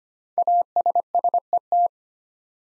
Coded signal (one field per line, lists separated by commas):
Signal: Morse code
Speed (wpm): 25 wpm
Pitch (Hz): 700 Hz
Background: none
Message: ASSET